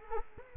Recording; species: mosquito wingbeat signal from an infrared sensor; Culex quinquefasciatus